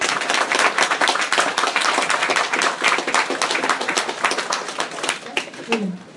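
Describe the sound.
A crowd applauds steadily for about six seconds, a dense crackle of many hands clapping at even loudness, with a brief voiced shout rising near the end.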